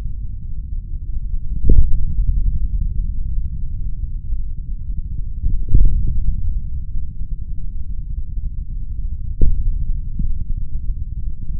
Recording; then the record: forearm muscle sounds (acoustic myography)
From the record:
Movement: finger pinch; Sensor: system 3, bracelet of six PUI Audio POM-2738L microphones around the upper forearm, with dedicated amplification and filtering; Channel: 1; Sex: male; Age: 26 years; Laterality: right